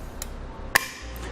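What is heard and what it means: A supplied torque-limiting tool tightens a Thule Evo Clamp / Edge Clamp roof rack foot clamp, with its fit kit, on a 2014 Volkswagen Passat. A faint tick at 0.2 s precedes the sharp, bright click at 0.8 s, with a soft tick near 1.2 s. The click marks the foot torqued to the correct specification, and someone talks.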